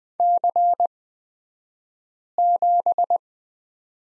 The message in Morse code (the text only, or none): C7